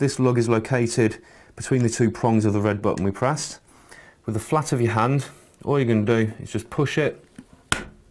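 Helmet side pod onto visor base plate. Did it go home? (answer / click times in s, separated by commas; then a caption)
partly / 7.7 s. Someone talks while pushing the plastic side pod of an Arai J-Type motorcycle helmet onto its visor base plate with the flat of the hand, with the lug placed between the two prongs of the red release button. A sharp click is heard at 7.7 s. The pod is only partly latched and is expected to pop back off because the release button has not reset.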